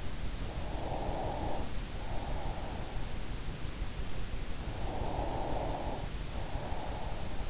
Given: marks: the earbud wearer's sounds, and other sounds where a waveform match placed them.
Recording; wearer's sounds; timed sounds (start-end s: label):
sounds in sleep by an in-ear microphone; breath
0.54-3.11 s: breath
4.52-7.50 s: breath